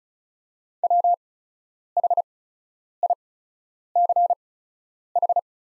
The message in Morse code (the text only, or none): WHICH